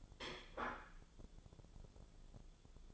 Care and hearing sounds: daily activity, microphone in the room; place plate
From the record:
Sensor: 5

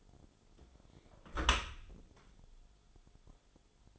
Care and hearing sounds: daily activity, microphone in the room; close dishwasher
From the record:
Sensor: 5

